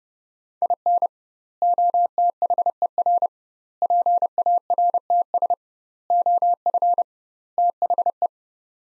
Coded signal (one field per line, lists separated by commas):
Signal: Morse code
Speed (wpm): 32 wpm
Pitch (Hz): 700 Hz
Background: none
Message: IN OTHER PARTS OF THE